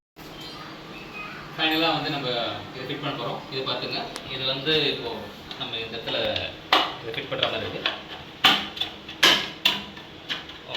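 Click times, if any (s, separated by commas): 9.2 s, 9.7 s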